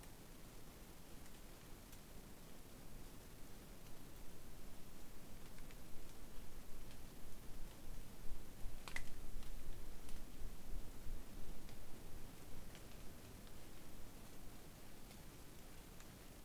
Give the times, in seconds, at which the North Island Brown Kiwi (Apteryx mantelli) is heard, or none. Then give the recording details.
none. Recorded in New Zealand on 8 January 2015. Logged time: 01:58. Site BX23